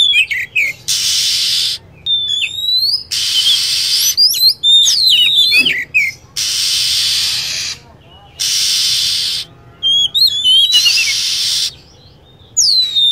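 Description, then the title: Lovebird calls: shrill, sharply sweeping chirps and whistles, alternating with roughly one-second bursts of dense hissing chatter that start and stop abruptly. Lure sound used for attracting lovebirds. "PIKAT BURUNG LOVEBIRD"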